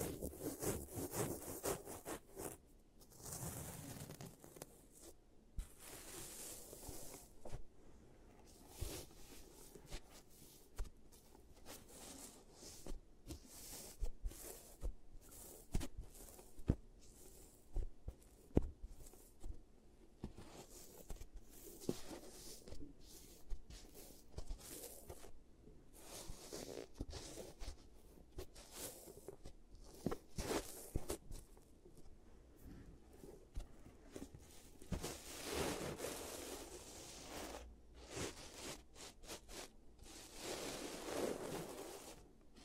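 A playful giant teeth treatment, fixing cavities, made of dense scraping, rubbing and crackling sounds that run almost without pause. Bursts of brighter scratching and swishing come in clusters, notably near 4, 31 and 36 seconds, over a low steady murmur.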